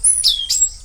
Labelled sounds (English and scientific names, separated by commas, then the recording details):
Stitchbird (Notiomystis cincta) song
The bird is a male
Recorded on Tiritiri Matangi Island, New Zealand, in 2005
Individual 19, of nest box 27